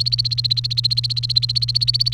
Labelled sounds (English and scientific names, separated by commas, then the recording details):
Domestic Canary (Serinus canaria) song
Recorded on 29 April 2018 at 13:44
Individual llb3